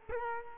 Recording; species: mosquito wingbeat signal from an infrared sensor; Culex quinquefasciatus